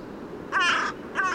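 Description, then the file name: Carrion crow uttering one harsh, grating caw, with the start of a second cut off at the end; little else audible. "Corvus corone"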